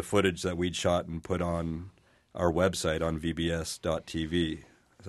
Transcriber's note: none